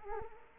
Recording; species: mosquito wingbeat signal from an infrared sensor; Culex quinquefasciatus